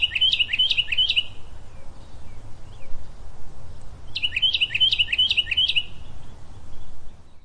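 Bird chirping in two quick bursts of several sharp, rapidly repeated high notes, separated by a pause of about three seconds, over a low background rumble.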